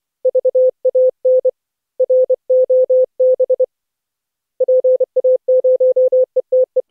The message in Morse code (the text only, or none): VAN ROB PA0ETE